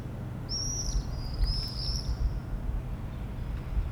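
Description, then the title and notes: Swift screams: two drawn-out, shrill buzzy screams in the first two and a half seconds, then quiet apart from a low background rumble. A group of swifts flying over rooftops in Aix-les-Bains, France, recorded from a courtyard on a Sunday morning. "4 Rue Vaugelas, Aix-les-Bains, France - Les martinets. Le ballet des martinets au dessus des toits d'Aix-les-bains depuis la cour de la MJC un dimanche matin"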